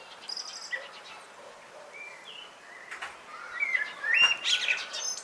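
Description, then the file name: Common blackbird warbling softly with scattered whistles, then a louder rich phrase with a squeaky ending near the close. "Turdus merula"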